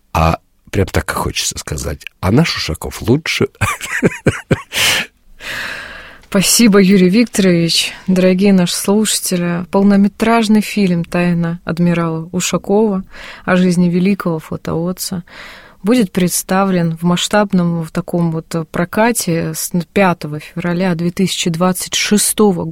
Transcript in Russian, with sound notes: А прямо так и хочется сказать: «А наш Ушаков лучше!»
— (Смеется.) Спасибо, Юрий Викторович! Дорогие наши слушатели, полнометражный фильм «Тайна адмирала Ушакова» о жизни великого флотоводца будет представлен в масштабном таком вот прокате с 5 февраля 2026 года.